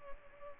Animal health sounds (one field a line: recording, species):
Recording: mosquito wingbeat signal from an infrared sensor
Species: Culex pipiens